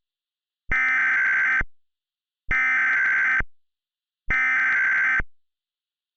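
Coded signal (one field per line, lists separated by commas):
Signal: Emergency Alert System (SAME) tones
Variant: header bursts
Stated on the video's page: Mock (simulated) EAS alert.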